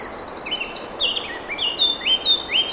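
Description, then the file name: Eurasian blackcap warbling, a flowing string of varied whistled notes, some swooping upward, growing louder toward the end over a soft hiss. "Sylvia atricapilla"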